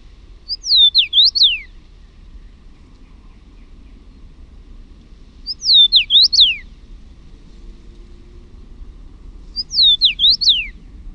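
Common rosefinch singing a short slurred whistled phrase of four or five notes, repeated three times about every four and a half seconds over a low rumble.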